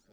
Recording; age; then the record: pig call; piglet (1 to 25 days)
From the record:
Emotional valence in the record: positive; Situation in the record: reunion after long isolation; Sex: male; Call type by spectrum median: low-frequency call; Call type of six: low-frequency tonal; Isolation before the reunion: 8 minutes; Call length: 0.14 s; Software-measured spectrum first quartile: 373 Hz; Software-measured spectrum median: 717 Hz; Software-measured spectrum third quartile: 4128 Hz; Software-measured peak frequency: 522 Hz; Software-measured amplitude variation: 114 dB a second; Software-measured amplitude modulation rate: 18.4 a second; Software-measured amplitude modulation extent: 6.2 dB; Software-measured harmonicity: 0.6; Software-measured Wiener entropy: -2.44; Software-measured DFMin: 977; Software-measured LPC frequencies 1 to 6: 521, 1493, 2235, 3406, 4302, 5000 Hz